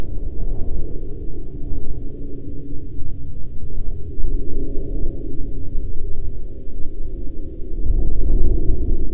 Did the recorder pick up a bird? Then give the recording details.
no. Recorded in the Prudhoe Bay oil fields, Alaska, on 11 July 2019 at 09:50. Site 14